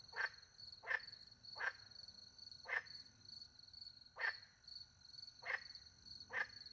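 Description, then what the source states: Frog giving seven brief, harsh croaks at uneven intervals, with a continuous shrill cricket trill pulsing high above. Frogs with crickets in the countryside by night, France; microphones hidden in a tree close to a little pond; recorded with two Usi Pro mics into a MixPre-10 II.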